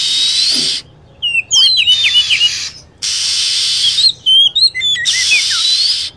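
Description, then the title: Lovebird calls: busy high chirps and short twisting whistles, alternating with sustained sections of loud hiss. Lure sound used to attract lovebirds. "PIKAT BURUNG LOVEBIRD"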